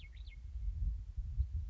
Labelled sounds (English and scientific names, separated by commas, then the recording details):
Western Meadowlark (Sturnella neglecta)
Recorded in Sonoma County, California